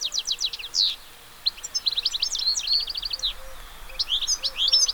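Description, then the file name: European goldfinch giving a quick, bright twittering song with rattling buzzy runs and sharp high chips, a faint low note sounding repeatedly underneath. "chardonneret"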